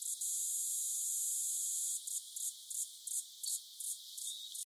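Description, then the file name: Cicada buzzing, very high and hissy: a steady two-second drone, then breaking into short pulses repeated about three times a second. Cicada from Australia. "INSECT AUS CICADA"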